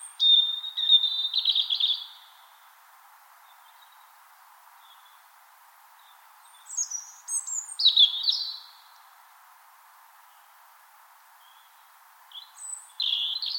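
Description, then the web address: European robin song: short high warbling phrases with thin whistles, separated by pauses of several seconds, over a steady low background hiss. Recorded in Finland; song that brightens spring mornings. "Punarinta lauri hallikainen. muuttolintukalenteri punarinnan laulu sulostuttaa kevataamuja"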